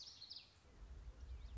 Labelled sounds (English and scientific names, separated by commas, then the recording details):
Common Yellowthroat (Geothlypis trichas)
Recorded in Sonoma County, California